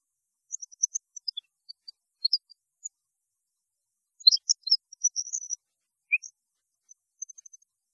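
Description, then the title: European goldfinch song, high thin twittering notes coming in loose bursts, with a denser chattering run in the middle. "Chant Chardonneret"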